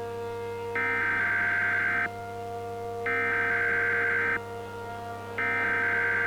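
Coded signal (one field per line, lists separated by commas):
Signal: Emergency Alert System (SAME) tones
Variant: header bursts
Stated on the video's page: Fictional EAS scenario alert for an asteroid impact.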